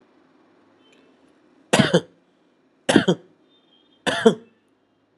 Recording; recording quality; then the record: shallow voluntary cough; excellent, no background noise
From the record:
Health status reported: COVID-19 positive, mild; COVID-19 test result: positive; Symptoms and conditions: muscle pain, loss of smell and taste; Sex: male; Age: 34 years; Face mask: not worn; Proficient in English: yes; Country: India